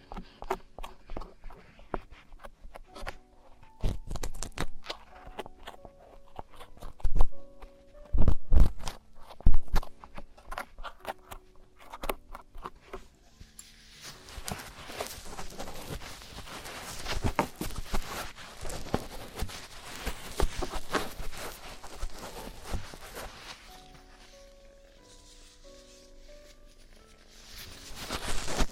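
Traditional Chinese ear cleaning: sharp scraping and crackling clicks come in bursts, with faint tonal hums early, then denser rustling scratches after fifteen seconds.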